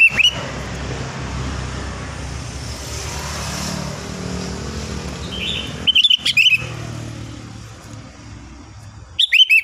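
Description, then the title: Sooty-headed bulbul giving short, bubbly whistled phrases in three brief bursts, at the start, later on and at the end, over steady traffic noise. "Kutilang"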